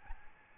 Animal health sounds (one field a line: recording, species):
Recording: mosquito wingbeat signal from an infrared sensor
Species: Aedes albopictus